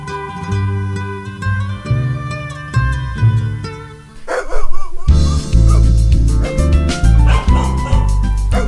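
A dog barks and yips several times over steady, sustained musical tones, with a wavering whine in the middle before the sound grows fuller and louder for the rest.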